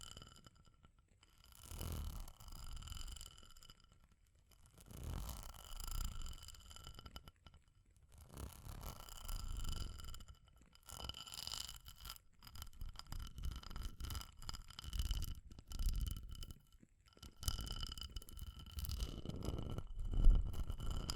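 Fire crackling with irregular scratching and tapping sounds, coming in uneven bursts with short quiet gaps around two, five and seven seconds. Low rumbling thuds underlie dense small crackles, and a faint steady high whine runs throughout. A sharper tap stands out near twenty seconds.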